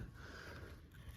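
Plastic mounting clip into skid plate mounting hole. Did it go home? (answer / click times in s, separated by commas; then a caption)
no / none. A plastic speed-nut-style retaining clip is pushed by hand, with some force, into a mounting hole for a Badanlv skid plate on the underbody of a 2018 Honda Civic Si. Only low, steady handling noise is heard, with no sharp transients. Nothing has seated or clicked yet.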